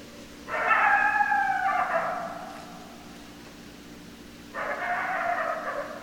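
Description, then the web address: Coyote howls: two drawn-out, slightly falling harmonic notes, each over a second long and a few seconds apart. Several coyotes, recorded 10 December 2012. "Coyote 2012 12 10 Coyotes 03"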